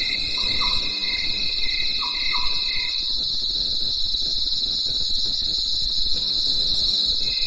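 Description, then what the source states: Cricket chirping as a continuous shrill high drone, joined by a pulsed lower trill that stops after three seconds and returns briefly at the end, with a few brief whistled notes in the first three seconds. Crickets chirping at night in the mountains.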